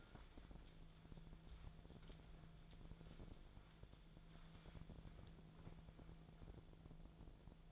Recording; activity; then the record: daily activity, microphone in the room; wipe stove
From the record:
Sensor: 5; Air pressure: 1000.6 hPa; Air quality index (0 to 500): 156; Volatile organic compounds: 2 ppm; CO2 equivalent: 1204 ppm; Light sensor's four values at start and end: 49/104/48/54 and 50/107/49/54